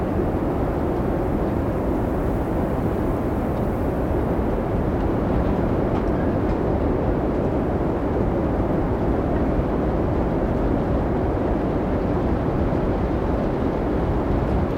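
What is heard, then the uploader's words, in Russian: A winter storm's blizzard wind roars steadily and densely, a deep, constant rushing with faint higher hiss and no breaks throughout. Атмосфера Зимнего Шторма | Исландский Метель и Воющий Ветер. Запись, сделанная в течение ночи во время мощной снежной бури Дидду в Рейкьявике, позволит вам испытать настоящие и неукротимые звуки воющих ветров и кружащегося снега.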